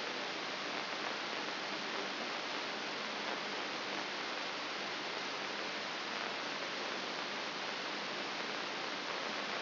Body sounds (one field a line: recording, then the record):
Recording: brain microelectrode recording played as sound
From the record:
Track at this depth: inside the subthalamic nucleus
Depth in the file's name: 3.502 mm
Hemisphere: left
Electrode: 3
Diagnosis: Parkinson's disease